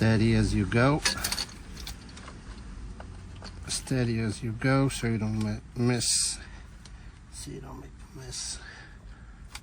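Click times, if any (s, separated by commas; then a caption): 9.5 s. While a Ram ProMaster fuel pump is being replaced, a small replacement fitting is pushed steadily down onto the fuel pump assembly as someone talks. A short, sharp click at 9.6 s marks the part seating in place.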